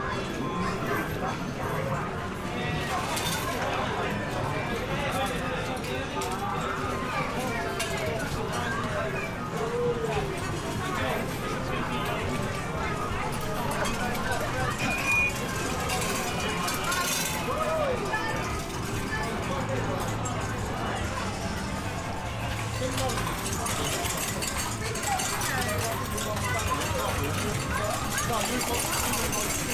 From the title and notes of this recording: The nostalgic ambiance of an English seaside town amusement arcade. The sounds of clinking coins, whirring machines, and lively chatter. This binaural field recording captures the vibrant ambiance of a bustling arcade.